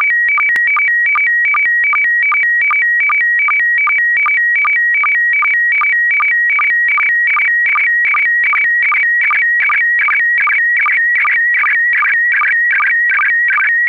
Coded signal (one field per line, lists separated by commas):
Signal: SSTV (slow-scan television)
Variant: PD 50